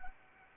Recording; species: mosquito wingbeat signal from an infrared sensor; Anopheles arabiensis